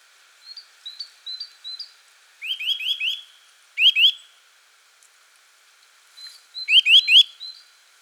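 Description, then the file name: Eurasian nuthatch calling, soft short chips at first, then clear upslurred notes in rapid runs of two to five, with a brief pause between runs. "Sitta europaea"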